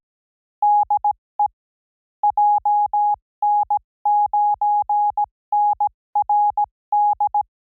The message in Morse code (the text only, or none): DE JN9NRD